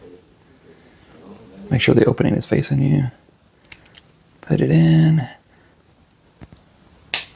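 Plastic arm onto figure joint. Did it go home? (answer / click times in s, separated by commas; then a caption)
yes / 7.1 s. Someone talks while a plastic arm is pushed onto the joint of a BLOKEES Transformers Galaxy Version Series 1 Roll Out figure, with a few faint ticks of handling between phrases. The arm snaps home onto the joint with a sharp, loud click at 7.1 s, and it is seated.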